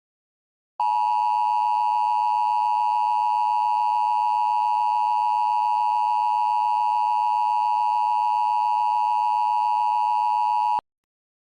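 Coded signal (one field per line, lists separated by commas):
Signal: Emergency Alert System (SAME) tones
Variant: 853 and 960 Hz attention tone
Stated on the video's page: Mock EAS alert about a 911 outage.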